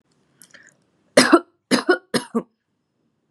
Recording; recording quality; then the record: shallow voluntary cough; excellent, no background noise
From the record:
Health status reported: exposed to COVID-19, no respiratory illness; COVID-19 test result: negative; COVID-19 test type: RT-PCR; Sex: female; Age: 25 years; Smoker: no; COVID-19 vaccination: both doses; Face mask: not worn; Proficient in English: yes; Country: India